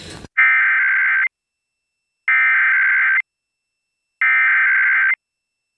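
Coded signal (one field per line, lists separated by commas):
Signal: Emergency Alert System (SAME) tones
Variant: header bursts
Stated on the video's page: Ohio Required Monthly Test relayed on a television station.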